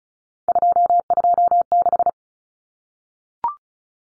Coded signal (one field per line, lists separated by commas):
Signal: Morse code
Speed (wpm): 34 wpm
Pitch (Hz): 700 Hz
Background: none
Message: 226